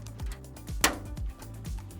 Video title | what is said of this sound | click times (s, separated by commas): ASUS Garage Ep.6 - Building a $1100 budget Gaming PC in 2024 | oh wow it really does just snap and | 0.8 s